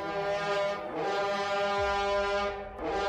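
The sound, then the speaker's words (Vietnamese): Men on both sides of a ritual altar blow long, sustained blasts on horn trumpets pointed at the sky in the misty early morning, echoing across mountains and forest; a rich, buzzing harmonic tone, loud and steady, briefly dipping twice as new blasts begin. No talking. “Ngay sau những câu từ đầy khó hiểu ấy, hai bên tế đàn người dân đàn ông cầm tù và hướng thẳng lên trời, rồi cứ như vậy thổi một hơi dài.”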